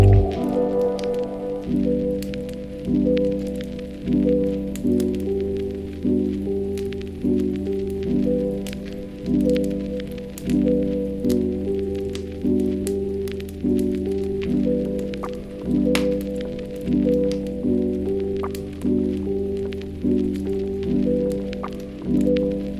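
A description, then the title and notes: A mellow lo-fi loop of soft, low chords pulses steadily, each phrase swelling and fading about once a second. Over it, a fireplace crackles with sharp little pops scattered irregularly through the clip, bright against the warm music. FIREPLACE AMBIENCE & LOFI. Surrounded by the warmth and sound from a cozy fireplace.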